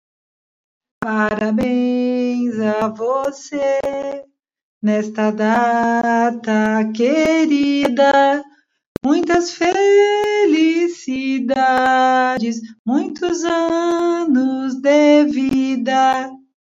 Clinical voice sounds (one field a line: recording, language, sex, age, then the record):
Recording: short text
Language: Brazilian Portuguese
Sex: female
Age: 60 to 69 years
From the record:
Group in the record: control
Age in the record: 66 years